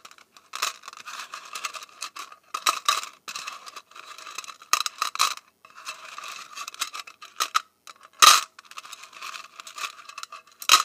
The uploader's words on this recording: ASMR Paperclips and Safety Pins.